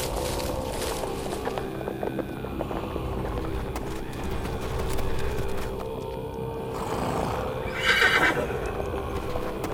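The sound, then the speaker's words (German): Horses gallop with a steady, rapid drumming of hooves throughout, and shrill neighs break out over the pounding toward the end. No one speaks. “Meisterin, Pferde!”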